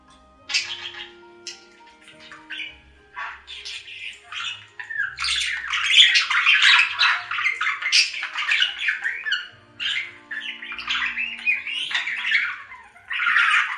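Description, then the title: Budgerigar warbling chatter, quiet at first then building into a continuous stream of rapid, harsh, buzzy notes and squeaks. "Budgie Sounds"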